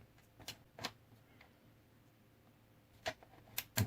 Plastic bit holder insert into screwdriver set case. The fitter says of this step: clicks back into place and uh i did check